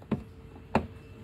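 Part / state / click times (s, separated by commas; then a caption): fresh water tank drain valve in motorhome plumbing / seated / 0.1 s, 0.8 s. A fresh water tank drain valve in the plumbing of a 2023 Bürstner Lyseo TD 745 motorhome is turned until it clicks into its detent partway, the little lock in the pipe that marks the quick drain-down point, leaving 20 litres in the tank for travelling with water because of weight distribution and payload. Two short clicks are heard at 0.1 s and 0.8 s, the second louder and sharper. The valve is seated in its detent.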